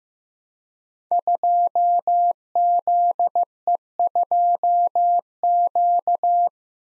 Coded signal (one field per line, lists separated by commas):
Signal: Morse code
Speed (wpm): 15 wpm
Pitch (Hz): 700 Hz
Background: none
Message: 2ZE2Q